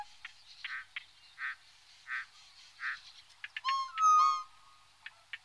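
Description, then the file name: Tropical boubou gives a ringing whistle near the end, a short harmonic note followed by a long steady tone, after soft repeated blurry notes and scattered clicks. "gonolec ventre blanc"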